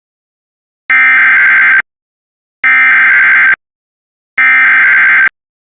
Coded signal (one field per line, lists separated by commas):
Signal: Emergency Alert System (SAME) tones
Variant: header bursts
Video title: A Short Roar Of Action: EAS Alerts From 6/2/25 #COWX #WJON #KJY84